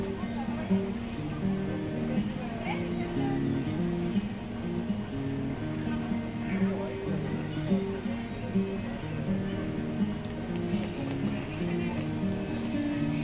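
A binaural walk through a theme park trail: a steady murmur of crowd voices, with low tonal music notes beneath and occasional sharp clicks.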